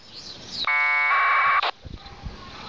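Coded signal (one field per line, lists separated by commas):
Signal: packet radio (AX.25, as in APRS)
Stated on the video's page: Received mobile from an experimental repeater aboard a glider, on a Dj195 handheld with half-wave antenna, 146 MHz.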